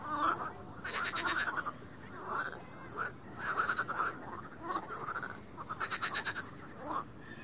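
Frog calls: loud rattling pulsed croaks in a few bursts, with quieter single croaks between.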